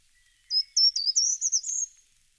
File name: Grimpereau des jardins